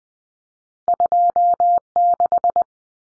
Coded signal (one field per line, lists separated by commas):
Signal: Morse code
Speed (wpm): 20 wpm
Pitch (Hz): 700 Hz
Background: none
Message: 26